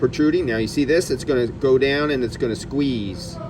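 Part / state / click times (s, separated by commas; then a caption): plastic retention clip on AC line into condenser fitting / not seated / none. A new plastic retention clip on a Toyota AC line is being pushed straight, not at an angle, into the condenser fitting, where its tabs squeeze in toward the inner groove. Someone talks throughout. Nothing has seated or clicked yet; the clip is not yet home.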